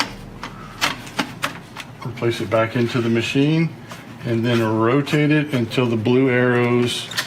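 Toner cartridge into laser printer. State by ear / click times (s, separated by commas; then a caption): not seated / none. A toner cartridge is handled and put back into a laser printer (M2635DW, M2040DN, M2540DW or M2640IDW), to be rotated until its blue arrows align. Brief sharp plastic knocks come at about 0.0, 0.4, 1.2, 1.4 and 1.8 s, then someone talks over the rest. Nothing has seated or clicked yet.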